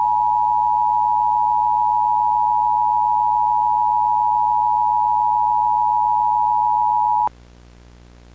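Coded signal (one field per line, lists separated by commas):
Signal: Emergency Alert System (SAME) tones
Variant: 853 and 960 Hz attention tone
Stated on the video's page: Mock EAS Law Enforcement Warning, not a real alert.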